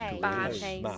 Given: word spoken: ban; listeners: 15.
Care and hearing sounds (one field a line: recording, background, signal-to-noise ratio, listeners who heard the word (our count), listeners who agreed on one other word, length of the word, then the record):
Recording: one English word in noise, from a listening test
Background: four-talker babble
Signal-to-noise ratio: 0.8 dB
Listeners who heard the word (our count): 0 of 15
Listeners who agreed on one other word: 8 of 15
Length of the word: 0.58 s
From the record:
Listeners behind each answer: 8, 3, 2, 1, 1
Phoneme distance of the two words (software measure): 10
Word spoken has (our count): 1 syllable, 3 phonemes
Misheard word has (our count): 1 syllable, 3 phonemes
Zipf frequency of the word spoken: 4.30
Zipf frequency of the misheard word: 3.71